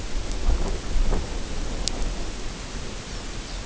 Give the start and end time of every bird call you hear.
3.01s-3.64s: Lapland Longspur (3.1-6.4 kHz)

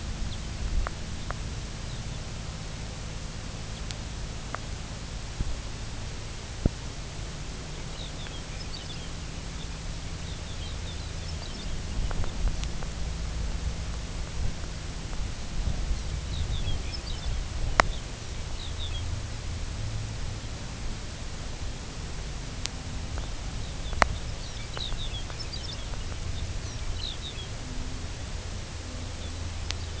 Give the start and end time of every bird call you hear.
0.21s-0.52s: Lapland Longspur (2.8-4.5 kHz)
1.14s-1.29s: Lapland Longspur (3.3-4.2 kHz)
1.81s-2.23s: Lapland Longspur (3.2-4.5 kHz)
3.69s-3.85s: Lapland Longspur (3.0-4.7 kHz)
7.84s-9.78s: Lapland Longspur (2.0-5.8 kHz)
10.18s-12.40s: Lapland Longspur (2.2-5.8 kHz)
15.88s-17.45s: Lapland Longspur (2.1-6.2 kHz)
17.86s-18.05s: Lapland Longspur (2.9-4.5 kHz)
18.45s-19.09s: Lapland Longspur (3.0-5.0 kHz)
23.50s-27.48s: Lapland Longspur (2.4-6.5 kHz)
28.98s-29.98s: Lapland Longspur (2.9-5.6 kHz)

